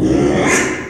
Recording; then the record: squeal of a Yucatan mini pig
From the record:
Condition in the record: after surgery on the right vocal fold (resection and tissue-engineered implant); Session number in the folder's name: 3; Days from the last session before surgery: 33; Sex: male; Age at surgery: 12 weeks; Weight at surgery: 13 kg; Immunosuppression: cyclosporine, prednisolone